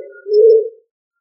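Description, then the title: Pigeon giving a single low, soft coo that swells and then fades, with nothing else heard. "LuckyFamilia ColumbidaePombaSama"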